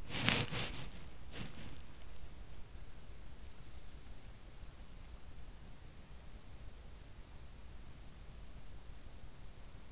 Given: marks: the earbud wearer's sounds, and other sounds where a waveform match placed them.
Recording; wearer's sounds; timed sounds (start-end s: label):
sounds in sleep by an in-ear microphone; body movement
0.00-1.76 s: body movement